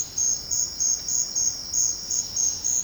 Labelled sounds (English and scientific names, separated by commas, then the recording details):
none
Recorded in secondary vegetation near Puerto Asís, Putumayo, Colombia, on 13 March 2025 at 10:30
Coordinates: 0.484, -76.319
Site G010